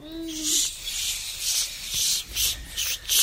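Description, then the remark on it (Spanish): Steady, rhythmic swishing as legs push through dry field grass, about six soft brushing strokes in a walking pace, with a brief high whistling tone at the very start. “Atravesar el campo.”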